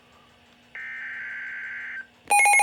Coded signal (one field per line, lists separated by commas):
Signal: Emergency Alert System (SAME) tones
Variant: header bursts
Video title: Severe Thunderstorm Warning [EAS #1370-1371] (2/7/2020)